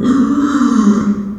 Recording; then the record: squeal of a Yucatan mini pig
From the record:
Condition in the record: after surgery on the right vocal fold (resection and tissue-engineered implant); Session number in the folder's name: 9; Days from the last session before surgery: 65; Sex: female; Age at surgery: 19 weeks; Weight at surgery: 25 kg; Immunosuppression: prednisolone